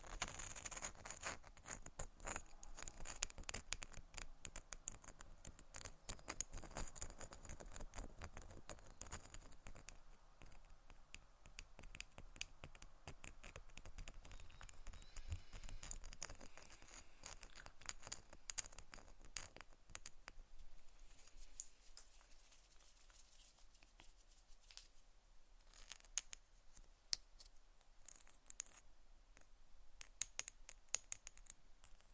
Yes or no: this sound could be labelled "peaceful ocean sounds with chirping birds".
no